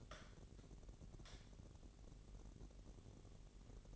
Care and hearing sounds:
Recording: daily activity, microphone in the room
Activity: light on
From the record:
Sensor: 4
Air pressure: 1012.7 hPa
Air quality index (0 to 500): 245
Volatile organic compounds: 4 ppm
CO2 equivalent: 1672 ppm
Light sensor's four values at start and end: 15/35/14/14 and 17/45/18/19

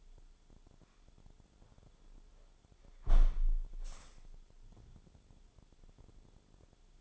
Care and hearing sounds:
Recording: daily activity, microphone in the room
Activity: close window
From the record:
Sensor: 5

